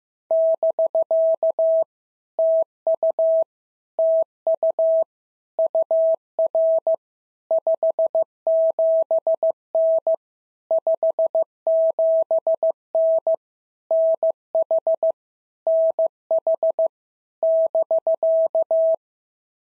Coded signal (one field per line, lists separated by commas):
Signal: Morse code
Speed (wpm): 15 wpm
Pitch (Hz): 650 Hz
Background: none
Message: <BK> TU TU UR 57N 57N NH NH <BK>